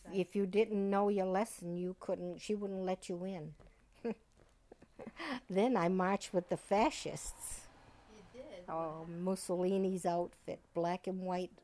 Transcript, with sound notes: If you didn't know your lesson, you couldn't, she wouldn't let you in. ( she laughs ) Then I marched with the Fascists.
You did!
Oh, Mussolini's outfit, black and white